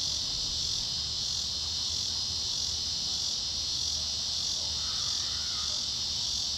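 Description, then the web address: Cicada droning in an unbroken, even buzz throughout, over a low background rumble. "Cicada Tmarginalis"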